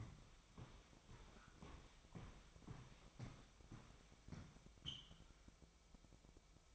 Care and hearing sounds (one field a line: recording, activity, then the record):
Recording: daily activity, microphone in the room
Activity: walk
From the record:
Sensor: 1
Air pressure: 1001.7 hPa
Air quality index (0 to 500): 222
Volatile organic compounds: 30 ppm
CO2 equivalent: 2965 ppm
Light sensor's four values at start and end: 10/34/12/14 and 10/34/12/14